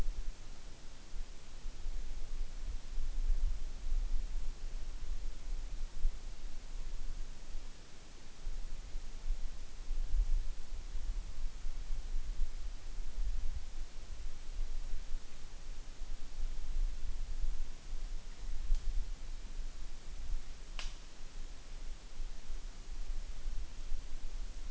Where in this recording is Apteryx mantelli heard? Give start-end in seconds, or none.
none